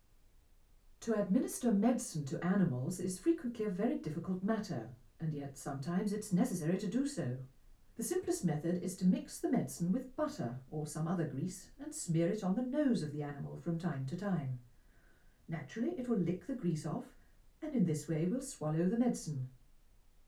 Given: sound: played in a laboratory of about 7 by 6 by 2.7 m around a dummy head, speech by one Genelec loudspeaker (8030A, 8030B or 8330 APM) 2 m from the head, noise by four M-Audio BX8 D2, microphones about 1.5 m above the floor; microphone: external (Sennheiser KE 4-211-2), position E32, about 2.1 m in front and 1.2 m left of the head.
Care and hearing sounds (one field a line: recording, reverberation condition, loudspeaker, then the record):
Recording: female speech in English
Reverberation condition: low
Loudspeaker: 60 degrees to the right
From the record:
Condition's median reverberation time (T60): about 310 ms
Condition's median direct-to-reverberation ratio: about 3.5 dB